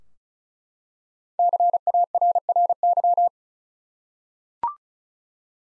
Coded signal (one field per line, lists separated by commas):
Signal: Morse code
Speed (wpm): 36 wpm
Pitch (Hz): 700 Hz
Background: none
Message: CARRY